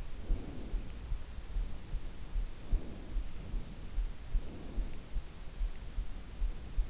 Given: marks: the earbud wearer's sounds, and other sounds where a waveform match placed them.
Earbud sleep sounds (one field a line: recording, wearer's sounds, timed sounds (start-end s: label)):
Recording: sounds in sleep by an in-ear microphone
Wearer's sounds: breath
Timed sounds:
0.23-1.01 s: breath
1.54-3.22 s: breath
3.47-5.06 s: breath